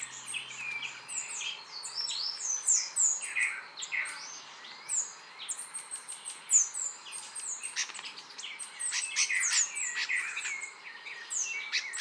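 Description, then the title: Bird song, fast high twittering with sharp clicking notes and slurred whistles, growing denser and more staccato in the second half. "LuckyPassaro Completos2Sama"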